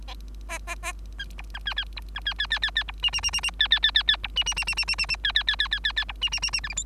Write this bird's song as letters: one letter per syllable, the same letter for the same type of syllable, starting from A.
A A A B C D B B C D B B B B B C E E E E E B B B B B C E E E E E E E E B B B B B B B C E E E E F G H